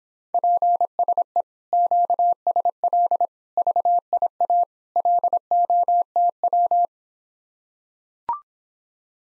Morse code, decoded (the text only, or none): PSE QSL VIA LOTW